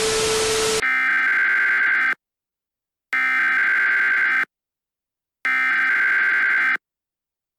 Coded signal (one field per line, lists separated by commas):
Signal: Emergency Alert System (SAME) tones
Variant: header bursts